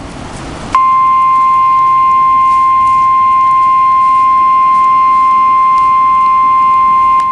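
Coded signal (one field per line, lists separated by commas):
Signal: Emergency Alert System (SAME) tones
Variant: 1050 Hz attention tone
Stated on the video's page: Weather radio EAS tones for the required weekly and monthly tests.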